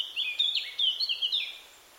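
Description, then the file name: Eurasian blackcap song: a loud, rich fluty warble of quick whistled notes sliding up and down, fading at the end. "Sylvia atricapilla"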